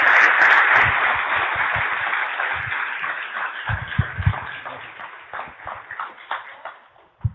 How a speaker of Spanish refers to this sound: Yo espero que se concentren en esta información y me lo hagan subir acá con otro aplauso más grande.